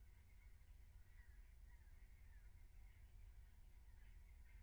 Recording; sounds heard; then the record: poultry house recording; no chicken sound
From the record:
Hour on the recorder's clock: 15